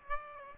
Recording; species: mosquito wingbeat signal from an infrared sensor; Aedes aegypti